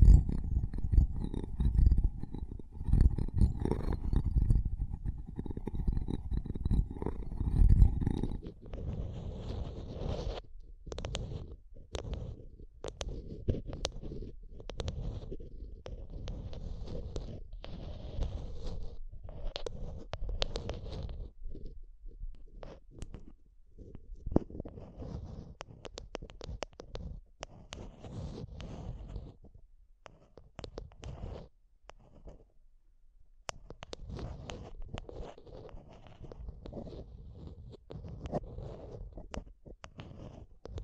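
Mic tapping and scratching fill the recording. For the first eight seconds a dense, low rumbling scrape runs continuously. After that it breaks into quick, irregular taps and brushing strokes, some sharp and bright, with brief quiet gaps around thirty seconds.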